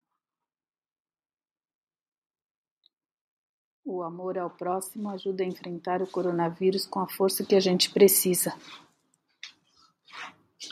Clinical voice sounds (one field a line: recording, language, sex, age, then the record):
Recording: spoken sentence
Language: Brazilian Portuguese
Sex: female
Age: 60 to 69 years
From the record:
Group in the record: control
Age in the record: 62 years